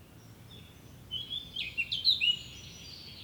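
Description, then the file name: Eurasian blackcap delivering a brief rapid phrase of high chirpy, warbling notes lasting just over a second, set against constant low environmental noise. "Sylvia atricapilla"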